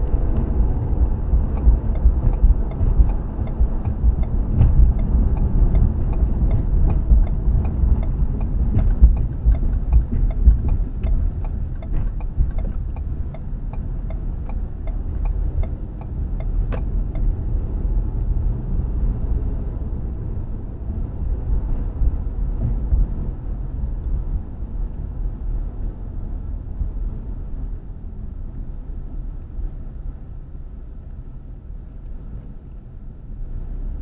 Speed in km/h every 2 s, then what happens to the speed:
53, 53, 48, 42, 31, 21, 21, 23, 27, 32, 35, 35, 32, 27, 19, 15, 15.
2-10 brakes to 21. 14-22 speeds up to 35. 22-29 slows to 15.